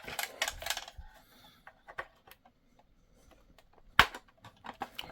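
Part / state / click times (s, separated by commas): plastic side gun into toy tank hull / seated / 4.0 s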